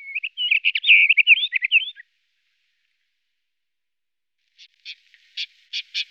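White-crowned wheatear song: a two-second warbling phrase of twisting notes, then after a pause a few short scratchy chirps.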